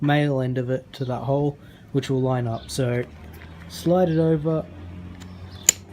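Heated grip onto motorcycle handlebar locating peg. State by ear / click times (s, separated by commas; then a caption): seated / 5.7 s. Someone talks while a heated grip for a Ducati Scrambler motorcycle is slid over the handlebar so its hole lines up with the male locating peg. A single sharp, loud click at 5.7 s marks the grip snapping into place, fully seated.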